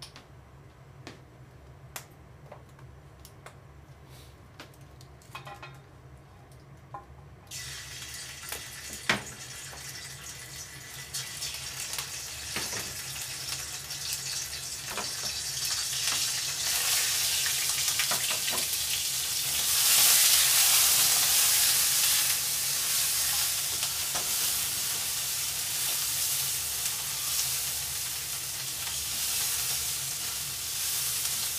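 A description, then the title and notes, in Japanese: Kitchen sounds while making shrimp soba after washing up: scattered clinks, then a steady hiss from seven seconds, louder around twenty, over a low hum. 洗い物の後はえびそば。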